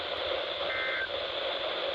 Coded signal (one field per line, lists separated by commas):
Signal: Emergency Alert System (SAME) tones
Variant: end-of-message bursts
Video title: FOUR RWTS IN ONE DAY - LOX, SGX, PSR, and VEF Required Weekly Tests on April 7, 2021 (EAS #68-71)